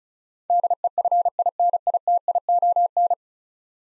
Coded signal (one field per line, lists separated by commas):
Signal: Morse code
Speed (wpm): 36 wpm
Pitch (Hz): 700 Hz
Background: none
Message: DEFINITION